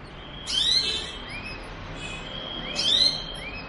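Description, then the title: Belgian canary with two crisp buzzy bursts and thin rising whistles, spaced roughly two seconds apart, against a steady background hum. Belgian canary song to warm up and stimulate singing; canary mating song. "Canto Para Esquentar Canário Belga. suara kenari kawin"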